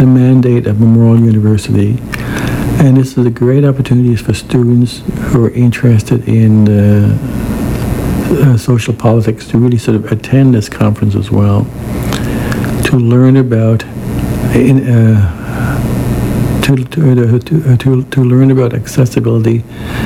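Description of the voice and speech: An adult man, a radio host who stutters, reads promotional remarks about a stuttering association conference at a steady pace with a clear, low voice. Near the end, speech breaks down into a phrase repetition and repeated syllables, 'to learn about… to… to-to learn about,' with pauses between attempts: stuttering.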